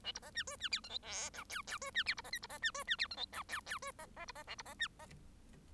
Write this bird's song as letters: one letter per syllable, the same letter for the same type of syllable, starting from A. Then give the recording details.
A B C D E D F G H I J K K E D F B C L B C D E D F G H J K K E C C B C A B C D C. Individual Bird1